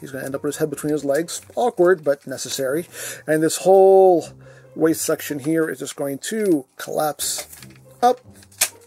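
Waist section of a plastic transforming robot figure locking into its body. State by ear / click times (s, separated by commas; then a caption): seated / 8.6 s. During transformation of a large plastic Mechanical Alliance Scorpion Warrior robot figure (KO Upscaled SS Overload), the head is dropped down and the waist section is collapsed upward and pushed while someone talks. A sharp plastic click at 8.6 s marks the waist section locking into place in the body.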